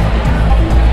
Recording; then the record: background sound without coughing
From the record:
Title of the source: Party Noise 1 Hour Party Ambience